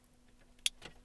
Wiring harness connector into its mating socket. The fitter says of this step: you wanna make sure it clicks and then this is gonna go back